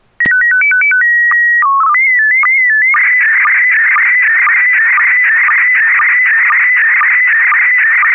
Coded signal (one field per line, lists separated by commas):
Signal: SSTV (slow-scan television)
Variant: PD 120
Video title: N6NA SSTV Net - 03/29/2023